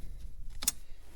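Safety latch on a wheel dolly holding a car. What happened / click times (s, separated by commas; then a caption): The safety latch snapped closed / 0.6 s, 0.7 s. An extra safety latch on a wheel dolly holding a car is closed by hand after the dolly's safety ratchet has been pried up. Two sharp metallic snaps are heard at 0.6 s and 0.7 s over low background rumble, and the tow dolly safety latch is seated.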